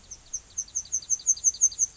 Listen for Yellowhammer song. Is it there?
yes